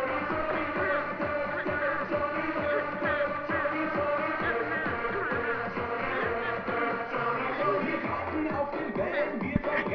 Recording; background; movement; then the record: throat clearing; music; sitting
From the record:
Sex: female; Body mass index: 18.3 kg/m2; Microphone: on the chest, facing the body